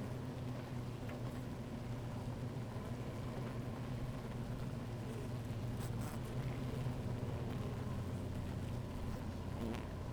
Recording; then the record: honeybee colony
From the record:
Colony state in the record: active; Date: 28 July 2017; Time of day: 16:14